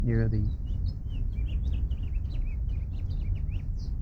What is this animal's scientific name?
Haemorhous mexicanus